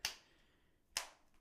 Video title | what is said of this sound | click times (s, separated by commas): Google Pixel 6 Pro OFFICIAL Case! | pretty good so as you can see it's easy to take off and then you can hear it snapping on the device | 0.1 s, 1.0 s